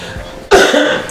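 A single abrupt cough from an adult starts after a quiet lead-in. It is a sharp, loud burst with a brief voiced tail, with low room noise before it. It is an isolated everyday cough, with no wheeze or repeated bouts.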